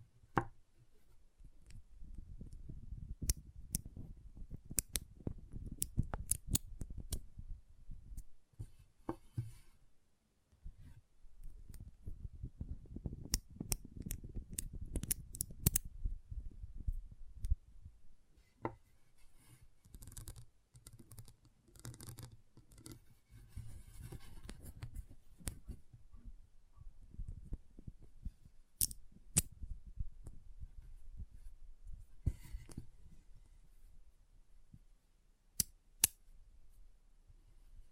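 Magnetic tingles: low rustling and rubbing swells in waves, heaviest around 3–9 and 12–18 seconds, then thins to a softer scraping hum. Sharp clicks and snaps punctuate it irregularly throughout, with clusters near 15, 29 and 36 seconds.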